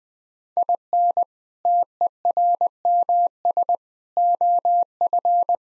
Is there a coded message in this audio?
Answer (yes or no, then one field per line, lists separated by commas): yes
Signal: Morse code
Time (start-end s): 0.6-5.5 s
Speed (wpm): 21 wpm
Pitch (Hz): 700 Hz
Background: none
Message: IN TERMS OF